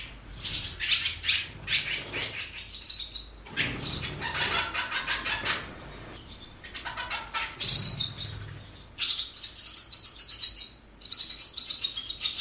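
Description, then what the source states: Barn Swallow nest sounds: squeaky, buzzy chattering in irregular bursts, some lower raspy notes, and a rapid stream of high twittering toward the end. Swallow's nest in an old ice house in a small community on the west coast of Scotland.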